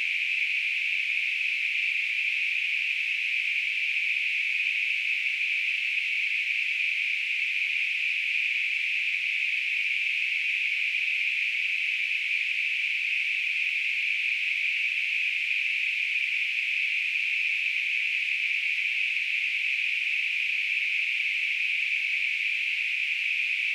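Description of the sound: A steady, unchanging high-pitched hiss, concentrated in a narrow band around the upper-middle range, plays without pause or change in loudness for about 24 seconds. It is a simulation of tinnitus, the continuous ringing or hissing a person hears without any outside sound.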